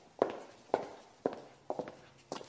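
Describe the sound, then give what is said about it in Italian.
Leather-soled shoes strike a fine mosaic floor of marble and granite under a portico in five sharp, evenly spaced footsteps, each click bright and ringing with a short reverberant tail. “Adesso le suole di cuoio delle sue scarpe calpestavano un fine mosaico di marmo e granito, producendo un rumore acuto che si riverberava ovunque.”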